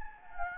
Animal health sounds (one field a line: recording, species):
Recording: mosquito wingbeat signal from an infrared sensor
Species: Anopheles gambiae